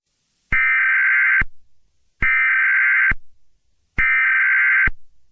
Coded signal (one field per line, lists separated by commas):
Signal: Emergency Alert System (SAME) tones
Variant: header bursts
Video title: Daily EAS Test Malfunction